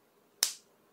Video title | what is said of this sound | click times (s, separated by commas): Hero 1219 fountain pen | as you can see loud secure and pretty | 0.4 s